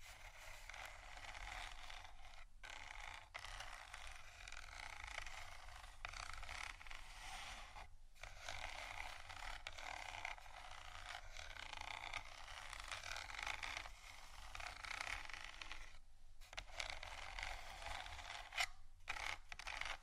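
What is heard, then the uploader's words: Continuous scratching texture, a dense rasping scrape that runs almost without pause across the clip. The sound is mostly bright and gritty, with brief dropouts near 2.5, 8, 16 and 19 seconds, and a faint low hum underneath throughout. Textures Scratching & Tapping.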